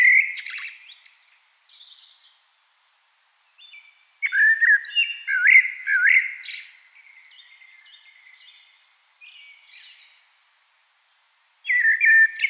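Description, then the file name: Eurasian blackbird singing: mellow, fluty warbled phrases that break into high, scratchy twitters, with pauses of a second or two between phrases. "Turdus merula"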